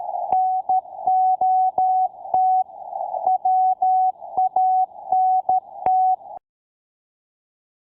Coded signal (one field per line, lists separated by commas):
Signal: Morse code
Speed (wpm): 13 wpm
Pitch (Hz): 750 Hz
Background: none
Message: NOT WANT